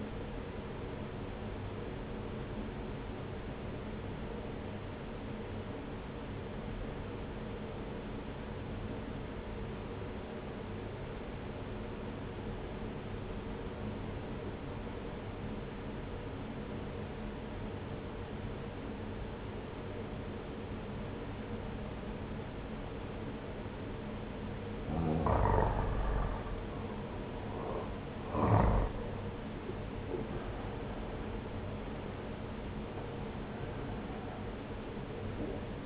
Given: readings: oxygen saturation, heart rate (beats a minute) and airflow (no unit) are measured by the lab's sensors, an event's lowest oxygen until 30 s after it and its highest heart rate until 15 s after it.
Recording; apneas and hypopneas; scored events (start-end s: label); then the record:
breathing in sleep by a voice recorder at the bedside; 1
4.00-26.50 s: obstructive apnea (N2, oxygen 95% highest, then 84% lowest)
From the record:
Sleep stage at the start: N2 (light sleep); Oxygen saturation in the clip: 86 to 95%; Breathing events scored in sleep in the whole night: 303 in 8.1 hours asleep